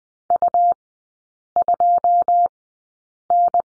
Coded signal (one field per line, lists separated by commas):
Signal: Morse code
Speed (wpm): 20 wpm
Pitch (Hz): 700 Hz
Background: none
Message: U2N